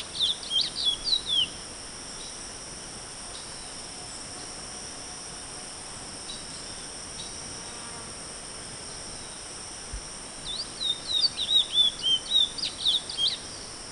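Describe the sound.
Chestnut-bellied seed finch giving short bursts of high warbled whistles at the beginning and near the end, separated by quiet, over continuous high-pitched background hiss.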